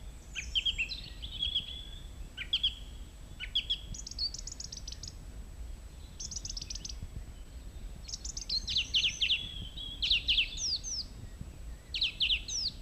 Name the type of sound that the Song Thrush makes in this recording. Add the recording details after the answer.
song. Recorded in the wild. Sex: male. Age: adult. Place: Mežakla, Julijske Alpe, Gorenjska, SI. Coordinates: 46.4, 14. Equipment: Uher 4000, Phillips Mikrofon. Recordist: Brunner, Thomas. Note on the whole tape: Frühjahr 1968, in der Nähe des Schuppens auf Mesakla aufgenommen